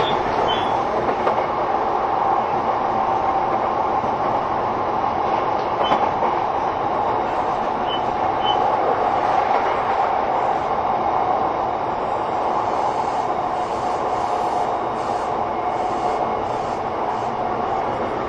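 Running sound of a Sotetsu–Saikyo Line through train: a steady, dense rumble with a prominent mid-pitched hum holding throughout. The level stays even, with faint clicks and brief squeaks around 1, 6 and 8 seconds, and light rattling toward the end.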